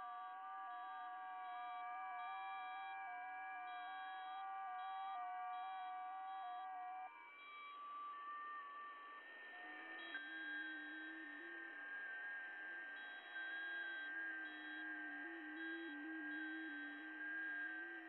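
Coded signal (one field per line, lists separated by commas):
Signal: FT8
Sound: many simultaneous soft warbling tones stepping slowly in pitch, changing set midway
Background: radio static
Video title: FT8 digi mode 17m - 18.100 MHz SWLing \ WebSDR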